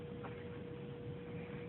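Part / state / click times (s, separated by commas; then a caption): inner cannula into tracheostomy tube / not seated / none. An inner cannula is being inserted into a patient's tracheostomy tube before it is locked. Only a steady low background hum with a constant tone is heard. Nothing has clicked or locked into place yet.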